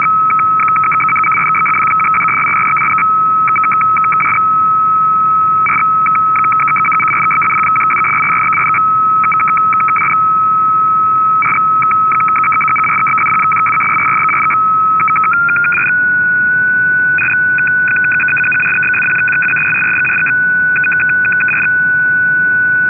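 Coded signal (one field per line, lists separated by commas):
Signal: numbers station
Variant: F06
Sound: steady whistle tone interrupted by rapid chirping two-tone data bursts, then a slight pitch step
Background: radio static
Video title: F06 16236kHz 17:00UTC - Digital Numbers Station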